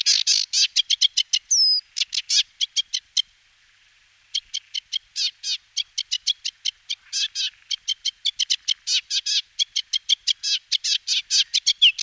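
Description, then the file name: Sedge warbler song, a fast run of dry clicks, chatters and buzzy notes with a quick falling whistle, a brief pause early on, then more rapid chattering. "forapaglie"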